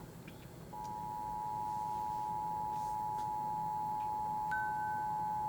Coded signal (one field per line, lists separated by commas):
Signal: Emergency Alert System (SAME) tones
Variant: 853 and 960 Hz attention tone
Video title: Behind the Scenes of a National EAS Test